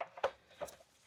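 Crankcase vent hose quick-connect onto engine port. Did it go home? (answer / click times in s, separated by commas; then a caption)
no / none. A plastic quick-connect fitting on the PCV (crankcase vent) hose is being handled and pushed back toward its engine port during an oil separator install on a 6.2L 2019-2025 Chevy Silverado/GMC Sierra. Short, sharp handling knocks are heard near 0.0, 0.2 and 0.6 seconds over a quiet background. Nothing has seated or clicked yet.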